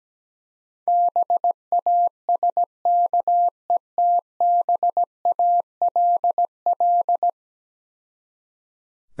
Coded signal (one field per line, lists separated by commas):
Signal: Morse code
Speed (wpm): 17 wpm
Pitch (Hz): 700 Hz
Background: none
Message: BASKETBALL